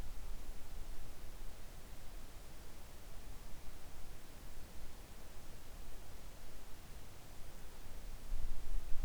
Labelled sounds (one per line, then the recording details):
near silence
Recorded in the Arctic National Wildlife Refuge, Alaska, on 3 August 2019 at 10:43
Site 41